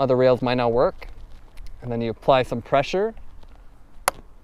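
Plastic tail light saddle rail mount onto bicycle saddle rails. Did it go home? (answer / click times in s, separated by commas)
yes / 4.1 s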